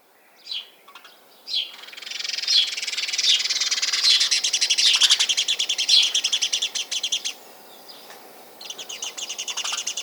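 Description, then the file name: House sparrow chirping: a few single chirps, then a fast run of sharp repeated notes for about five seconds, and a second burst of chirps near the end. "Passer domesticus"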